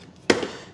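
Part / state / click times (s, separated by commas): plastic retaining clip into helicopter body / partly seated / 0.3 s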